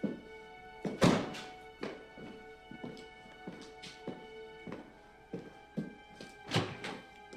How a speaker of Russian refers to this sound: Шериф открывает двери автомобиля, возле которого Берни стрелял в Ньюджент.